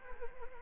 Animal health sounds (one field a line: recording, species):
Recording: mosquito wingbeat signal from an infrared sensor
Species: Anopheles arabiensis